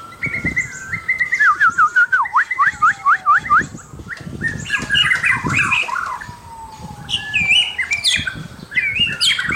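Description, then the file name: White-rumped shama song of rapid zigzag whistles and bright chattering phrases, over long smooth sliding tones that rise and fall several times. Indonesian name murai batu, labelled mahkota. "suara murai batu mahkota"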